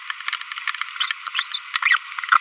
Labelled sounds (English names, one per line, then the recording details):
Green-rumped Parrotlet babbling
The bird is a female
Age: 25 days
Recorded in a nest box in Venezuela
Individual 17B42B1